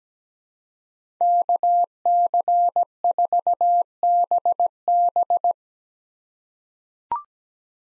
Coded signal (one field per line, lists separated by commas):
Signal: Morse code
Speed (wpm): 17 wpm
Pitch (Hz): 700 Hz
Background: none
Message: KC4BB